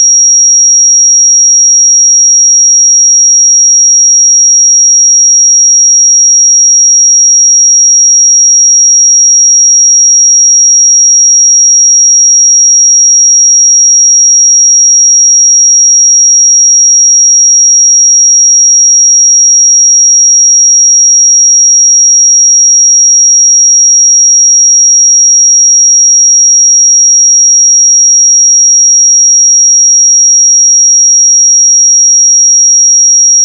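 A pure sine tone at 5655 Hz sounds without a break for the full 33 seconds. The pitch is high and thin, and it holds perfectly steady in level and pitch. There are no other sounds and no background noise.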